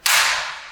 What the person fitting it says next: it snaps right in, just like that.